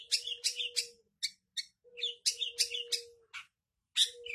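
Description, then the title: Long-tailed shrike song: quick, harsh chattering notes in uneven bursts, about three per second, with an intermittent low hum underneath. Combination song style. "Cendet Kombinasi"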